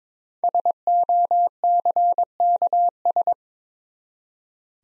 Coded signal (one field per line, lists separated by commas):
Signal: Morse code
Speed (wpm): 22 wpm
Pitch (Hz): 700 Hz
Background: none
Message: SOCKS